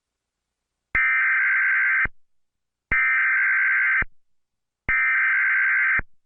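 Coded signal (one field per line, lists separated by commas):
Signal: Emergency Alert System (SAME) tones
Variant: header bursts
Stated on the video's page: Fictional scenario.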